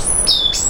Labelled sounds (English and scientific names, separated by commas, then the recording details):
Stitchbird (Notiomystis cincta) song
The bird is a male
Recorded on Tiritiri Matangi Island, New Zealand, in 2005
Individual 12, of nest box 16